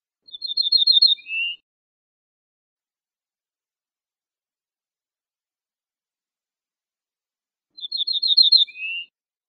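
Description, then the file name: Ortolan bunting repeating its song twice, each phrase several even, ringing notes followed by a lower, upward-slurred final note, with quiet gaps between. "suara kicauan ortolan"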